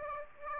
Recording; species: mosquito wingbeat signal from an infrared sensor; Aedes aegypti